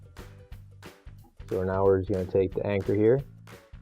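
A plastic wire harness anchor is handled before being slid back up through its hole in a washer cabinet during a washer tub support replacement, while someone talks over a steady low background tone. Only faint, brief handling sounds are heard, and nothing has seated or clicked yet.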